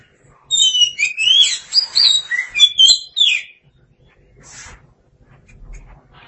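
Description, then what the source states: Oriental magpie-robin song, a loud burst of clear whistles and quick rising and falling notes lasting about three seconds, then quiet. Birdsong (kicauan).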